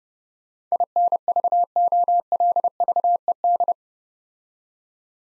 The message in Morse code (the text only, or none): INVOLVED